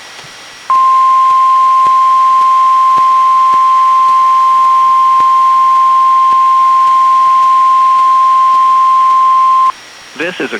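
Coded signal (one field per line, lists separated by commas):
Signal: Emergency Alert System (SAME) tones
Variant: 1050 Hz attention tone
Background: speech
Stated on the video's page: Two NOAA Weather Radio Required Weekly Tests, recorded directly from a Reecom R-1630 weather radio into a Zoom H1 recorder.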